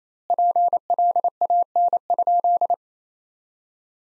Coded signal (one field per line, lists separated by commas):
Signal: Morse code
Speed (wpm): 27 wpm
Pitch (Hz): 700 Hz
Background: none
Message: PLAN?